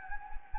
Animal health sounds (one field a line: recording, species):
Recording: mosquito wingbeat signal from an infrared sensor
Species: Anopheles gambiae